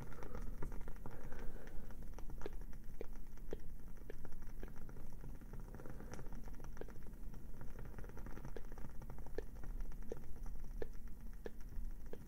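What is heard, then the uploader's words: A crackling candle flame gives a steady low rustle, dotted with sharp little pops and clicks. The snaps come irregularly, roughly every half second to second, some brighter than others, over a soft continuous hiss that stays even throughout. Cozy fire sounds, crackling candle.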